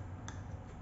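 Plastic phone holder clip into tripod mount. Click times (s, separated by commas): 0.3 s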